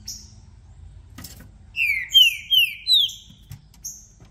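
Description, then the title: Green-winged saltator song: four strong whistled notes, each dropping in pitch, in quick succession with faint high notes before and after. Recording played to warm up a trinca-ferro for a singing contest, varying through several song types, meant to open up the bird's song. "Trinca Ferro VALENTE! VIRANDO VARIOS TIPOS DE CANTOS!! Melhor para ABRIR O CANTO!!"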